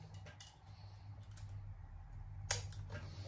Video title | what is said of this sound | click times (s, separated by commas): Harley Davidson Chrome Fork Install. | now with a little screwdriver you're going to hear it click right in check | 2.5 s